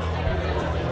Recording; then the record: background sound without coughing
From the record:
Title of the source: CITY SOUNDS Busy Bar in the Evening Night - 2 HOURS of Ambiance for Relaxation